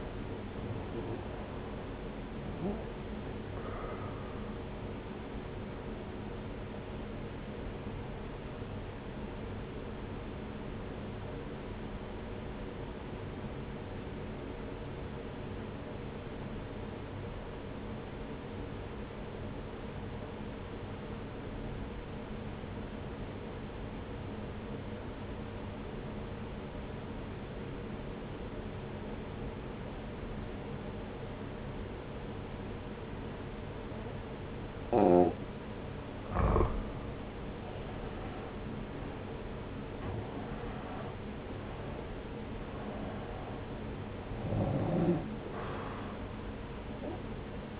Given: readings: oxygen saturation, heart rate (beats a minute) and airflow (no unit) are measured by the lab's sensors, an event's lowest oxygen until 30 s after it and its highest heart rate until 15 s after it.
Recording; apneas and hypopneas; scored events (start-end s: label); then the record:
breathing in sleep by a voice recorder at the bedside; 1
11.00-38.10 s: obstructive apnea (N2, oxygen 94% highest, then 86% lowest, heart rate 59 at the start, 70 highest)
40.00-47.80 s: new sleep stage, N1 (lightest sleep)
From the record:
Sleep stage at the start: N2 (light sleep); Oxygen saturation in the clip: 85 to 94%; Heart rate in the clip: 59 to 70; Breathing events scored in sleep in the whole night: 303 in 8.1 hours asleep